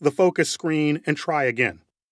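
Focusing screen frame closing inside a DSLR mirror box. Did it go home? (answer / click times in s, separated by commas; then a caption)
no / none. Someone talks while a new focus screen sits in the metal focusing screen frame inside the mirror box of a Canon EOS 6D DSLR, with the tool's hook about to push the frame up and closed. Nothing has clicked or seated yet; the frame is still being handled and is not yet shut.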